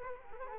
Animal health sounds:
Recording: mosquito wingbeat signal from an infrared sensor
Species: Culex quinquefasciatus

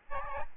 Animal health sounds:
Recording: mosquito wingbeat signal from an infrared sensor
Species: Aedes albopictus

